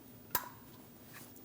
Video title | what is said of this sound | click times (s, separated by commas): How to Replace Engine Knock Sensors 2001-2006 Chevrolet Silverado 2500 HD 8.1L V8 | Install the connector onto the sensor. Push until you hear a click. | 0.4 s